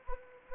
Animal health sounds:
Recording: mosquito wingbeat signal from an infrared sensor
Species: Anopheles arabiensis

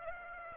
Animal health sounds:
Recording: mosquito wingbeat signal from an infrared sensor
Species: Aedes aegypti

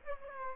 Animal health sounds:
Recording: mosquito wingbeat signal from an infrared sensor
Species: Aedes aegypti

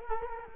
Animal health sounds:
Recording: mosquito wingbeat signal from an infrared sensor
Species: Culex quinquefasciatus

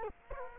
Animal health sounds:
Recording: mosquito wingbeat signal from an infrared sensor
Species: Culex quinquefasciatus

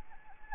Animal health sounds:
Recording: mosquito wingbeat signal from an infrared sensor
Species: Anopheles arabiensis

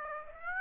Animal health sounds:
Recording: mosquito wingbeat signal from an infrared sensor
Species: Aedes aegypti

